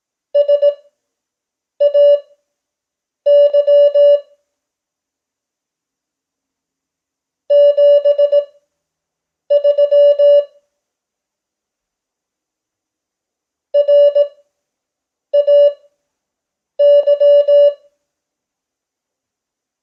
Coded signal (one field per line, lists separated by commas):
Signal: Morse code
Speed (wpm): 18 wpm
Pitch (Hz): 580 Hz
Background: none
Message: SAY 73 RAY